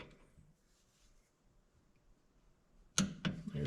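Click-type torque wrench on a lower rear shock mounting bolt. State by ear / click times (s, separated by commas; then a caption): torque reached / 3.0 s. A click-type torque wrench tightens the lower rear shock mounting bolt to 17 ft-lb during a rear shock absorber replacement on a 1995 Honda Goldwing trike. After near-silence, the wrench gives a sharp click at 3.0 s, followed by another short sharp sound at 3.3 s. The click confirms the bolt has reached its torque setting.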